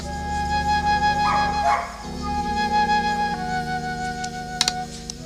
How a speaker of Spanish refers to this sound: Oiga ese perro que ladra. Como viendo apariciones.